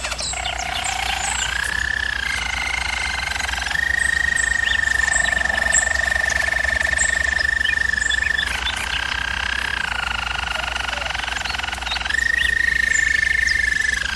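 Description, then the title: German Roller canary delivering sustained rolling trills, holding a high level for several seconds, dipping lower, then climbing back up. Canary training recording of a German Roller canary singing. "German Roller Canary Singing - Canary Training Vid"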